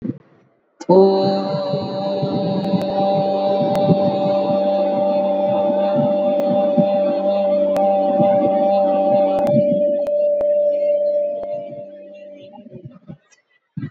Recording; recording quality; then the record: sustained vowel as in boot; excellent, no background noise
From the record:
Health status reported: exposed to COVID-19, no respiratory illness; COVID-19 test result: negative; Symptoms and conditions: cough, cold, fever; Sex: female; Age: 24 years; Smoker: not ticked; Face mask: not worn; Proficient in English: yes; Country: India